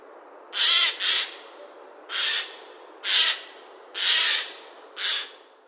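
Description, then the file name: Eurasian jay giving harsh, rasping screeches, six in all, the first two paired, spaced at irregular intervals over a steady hiss. "Eichelhäher Ruf"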